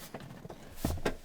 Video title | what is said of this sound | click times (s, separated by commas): How to Install Hansshow V6 Power Trunk for Model 3 | and there you heard that click over there i'm going to be doing the same thing | 1.1 s